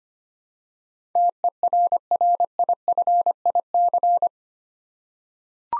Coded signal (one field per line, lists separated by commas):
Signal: Morse code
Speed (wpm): 25 wpm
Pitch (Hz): 700 Hz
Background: none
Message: TERRIFIC